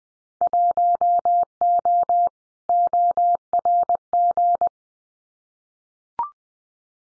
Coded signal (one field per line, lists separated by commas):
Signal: Morse code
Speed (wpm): 20 wpm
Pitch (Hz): 700 Hz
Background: none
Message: 1O ORG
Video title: Winter Field Day Exchange 20wpm